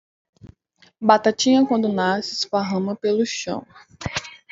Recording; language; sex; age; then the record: short text; Brazilian Portuguese; female; 20 to 29 years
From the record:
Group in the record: control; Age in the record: 28 years